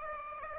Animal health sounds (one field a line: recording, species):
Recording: mosquito wingbeat signal from an infrared sensor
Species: Aedes aegypti